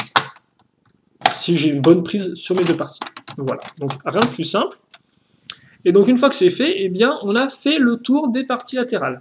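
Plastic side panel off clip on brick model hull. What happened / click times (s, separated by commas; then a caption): A plastic panel snapped off its clip / 1.3 s. A plastic side panel on a brick model hull is pulled off its clip by hand. A loud snap is heard at 1.3 s as the panel releases easily, and someone talks before and after.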